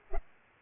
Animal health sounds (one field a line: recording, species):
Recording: mosquito wingbeat signal from an infrared sensor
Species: Culex pipiens